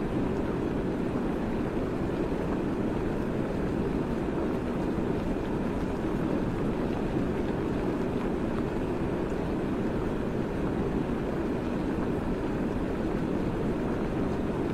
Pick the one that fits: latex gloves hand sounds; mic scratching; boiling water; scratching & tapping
boiling water